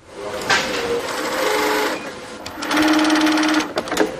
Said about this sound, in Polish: Do tej pory panowała tu zupełna cisza, żadnego dźwięku, a dziś jest pierwszy dzień, kiedy słychać nasze maszyny do szycia. Co jest szyte? Szyte są maseczki na twarz.